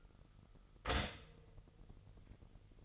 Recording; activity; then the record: daily activity, microphone in the room; stop toaster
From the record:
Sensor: 4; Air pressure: 989.4 hPa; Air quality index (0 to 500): 216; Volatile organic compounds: 67 ppm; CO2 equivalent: 3489 ppm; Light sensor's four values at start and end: 24/84/31/33 and 24/86/31/34